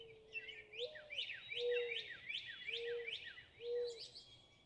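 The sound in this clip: Northern cardinal song: a rapid series of sharp downslurred whistled notes repeated steadily, with low smooth whistled notes from another bird underneath.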